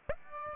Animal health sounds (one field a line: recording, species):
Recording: mosquito wingbeat signal from an infrared sensor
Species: Aedes aegypti